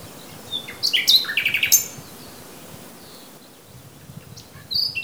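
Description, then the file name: Common nightingale song: a brief phrase of quick whistled notes, then quieter scattered high notes. "Luscinia megarhynchos"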